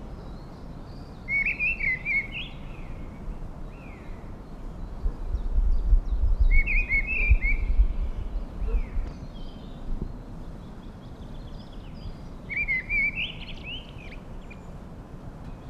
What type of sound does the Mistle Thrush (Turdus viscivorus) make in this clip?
song